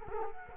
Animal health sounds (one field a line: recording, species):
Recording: mosquito wingbeat signal from an infrared sensor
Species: Culex quinquefasciatus